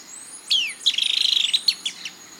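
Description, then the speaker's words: Golden-headed Manakin song: a high descending whistle, then a rapid series of sharp staccato notes, followed by a few separate notes. Male in breeding display to a female, swooping down while singing staccato notes that increase in tempo; forest display grounds in Trinidad. "he swoops back down while singing staccato notes that increase in tempo."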